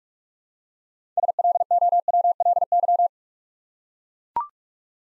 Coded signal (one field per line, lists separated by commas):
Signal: Morse code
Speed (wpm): 44 wpm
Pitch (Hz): 700 Hz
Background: none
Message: SLOWLY